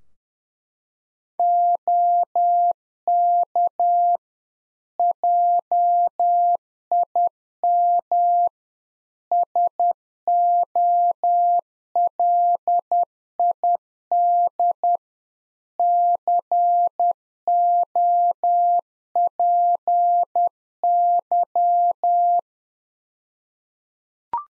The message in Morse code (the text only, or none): OK JIM SOLID COPY